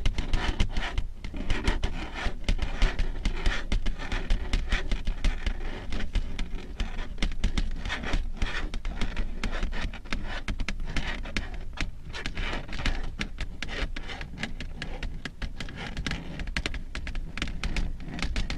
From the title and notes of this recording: Soothing and relaxing slow, rhythmic long nail tapping and scratching ASMR sounds.